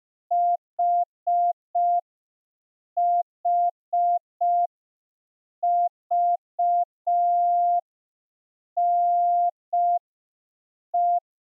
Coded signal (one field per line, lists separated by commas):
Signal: Morse code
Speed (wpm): 5 wpm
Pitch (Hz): 700 Hz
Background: none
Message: HHVNE